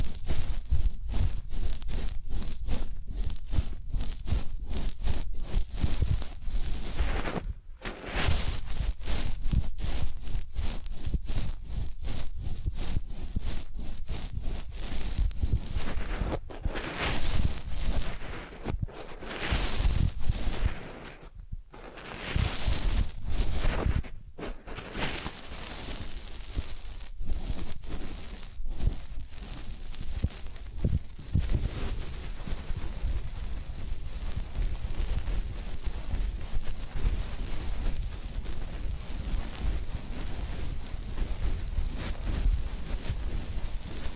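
Dense rubbing and scratching, as in a massage and ear cleaning, fills most of the recording with a crackly, bright texture. Slower sweeping strokes come in around the middle, with brief quiet pauses near 8 and 21 seconds and a soft low rumble underneath.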